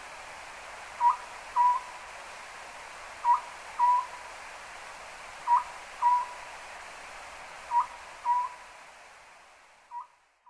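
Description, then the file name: Oriental scops owl giving short-long hooted phrases, four phrases evenly spaced at roughly two-second intervals, then a fifth at the end, with steady hiss that fades out at the end. Recorded at Hinoyama on July 6. "konohazuku hinoyama. kuroda"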